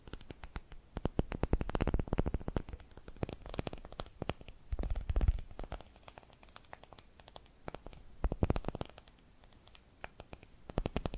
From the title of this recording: ASMR Hypnotic Tapping and Scratching Sounds